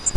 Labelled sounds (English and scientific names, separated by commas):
Grace's Warbler (Setophaga graciae) flight call